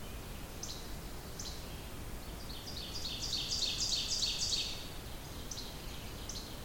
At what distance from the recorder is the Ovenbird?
about 40 m